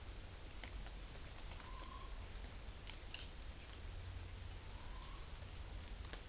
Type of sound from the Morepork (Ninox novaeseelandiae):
trill